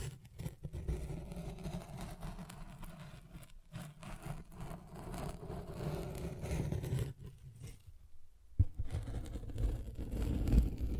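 Dense tapping and scratching over a steady low rumble, briefly thinning near eight seconds before sharp taps return, loudest around the ninth and eleventh seconds.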